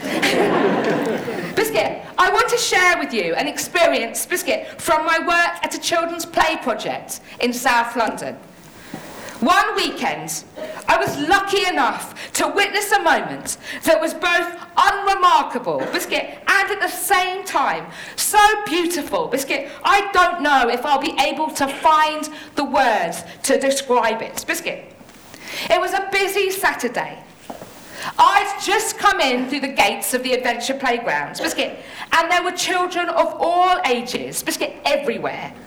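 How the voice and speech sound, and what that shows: A woman tells a story in fluent, expressive speech, with the word "biscuit" breaking in about seven times in 36 seconds, often mid-sentence. These are involuntary vocal tics of Tourette syndrome, a neurological condition causing movements and noises she can't control: repeated words that interrupt otherwise ordinary speech.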